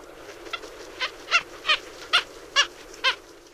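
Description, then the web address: Red-legged kittiwake giving a series of high, squeaky, nasal calls, about seven notes spaced roughly half a second apart, over a steady low hiss. "Songs of Birds of North America Stokes. Red-legged Kittiwake"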